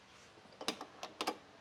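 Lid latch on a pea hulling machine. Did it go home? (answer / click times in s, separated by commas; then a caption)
no / none. The lid latch on a pea hulling machine is handled as the lid is brought toward its locked position. A few short, sharp taps and clicks sound between about 0.6 and 1.3 seconds, the loudest near 0.7 seconds. The latch has not locked into place yet by the end of the clip.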